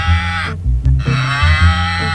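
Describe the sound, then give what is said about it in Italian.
A voice imitates a cow's moo: a low, droning, nasal call that breaks off briefly and then resumes, with the pitch stepping up and down across the two loud stretches. “E cosa sta dicendo la mucca? Ripeti un attimo, scusa.”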